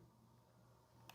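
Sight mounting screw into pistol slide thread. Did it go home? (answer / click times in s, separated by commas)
yes / 1.1 s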